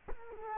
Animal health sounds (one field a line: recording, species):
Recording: mosquito wingbeat signal from an infrared sensor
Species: Culex quinquefasciatus